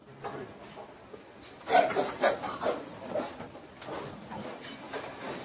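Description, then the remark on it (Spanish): Pigs grunt and snort in a pen on a farm divided into sections, a cluster of louder rough grunts rising midway over a steady, noisy background of shuffling and low snuffling. “Así que la granja está dividida en secciones. Sí, en esta hay espacio para 60 cerdos.”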